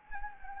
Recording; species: mosquito wingbeat signal from an infrared sensor; Anopheles gambiae